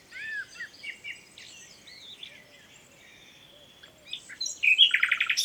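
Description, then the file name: Common nightingale song: soft varied whistles and slurred notes, ending in a loud, rapid run of repeated notes. "Luscinia megarhynchos"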